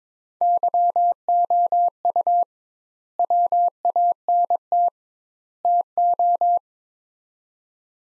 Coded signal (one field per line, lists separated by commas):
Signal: Morse code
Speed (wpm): 23 wpm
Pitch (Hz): 700 Hz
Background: none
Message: YOU WANT TO